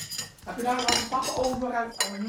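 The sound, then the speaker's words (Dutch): Cutlery scrapes and clinks against a plate as a slice of cake is cut, with several sharp metallic taps and short ringing tones over about two seconds. “Nou, doe maar lekker een stukje afsnijden.”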